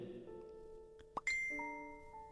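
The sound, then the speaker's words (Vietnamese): A telephone rings with a bright electronic melody of sustained, chiming tones that shift in pitch, broken by a short sharp blip partway through. No one speaks. “Chuông điện thoại rung lên, làm cho Vi bừng tỉnh nhất.”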